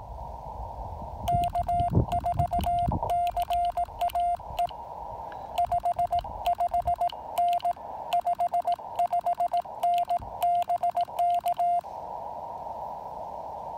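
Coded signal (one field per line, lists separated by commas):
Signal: Morse code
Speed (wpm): 18 wpm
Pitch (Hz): 700 Hz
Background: none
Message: K4CAE 55N 55N BK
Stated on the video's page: POTA park activation using an FT-817ND with an EFT Trail-Friendly antenna.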